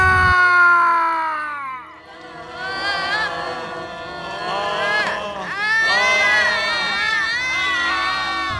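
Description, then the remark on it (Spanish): A group of children shriek and shout together, their high-pitched voices rising and falling in overlapping bursts of excited screaming that stays loud throughout, with a brief dip before surging again. “¡Pero qué cosita pa' chillar! ¡Si esto es una fiesta!”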